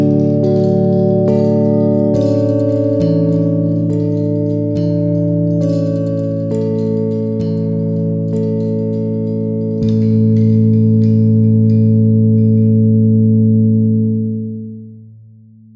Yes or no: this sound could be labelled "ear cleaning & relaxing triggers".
no